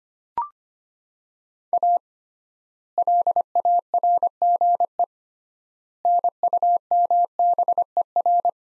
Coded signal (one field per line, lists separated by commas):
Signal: Morse code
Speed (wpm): 25 wpm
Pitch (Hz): 700 Hz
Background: none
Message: A LARGE NUMBER